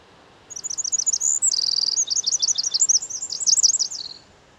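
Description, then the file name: Eurasian wren pouring out a shrill, hurried song of high chips and a rapid trill, lasting nearly four seconds. "Troglodytes troglodytes"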